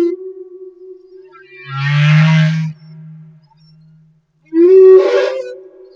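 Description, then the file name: Humpback whale song: a faint steady hum, a low, rough moan, then a louder tonal cry sweeping upward. Humpback whales recorded off Madagascar. "Humpback Whale - Madagascar Whale One"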